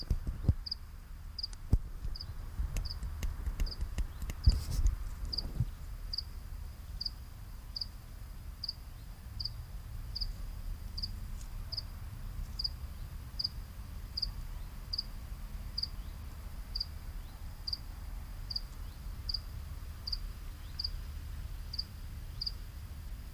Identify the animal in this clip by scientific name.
Acheta domesticus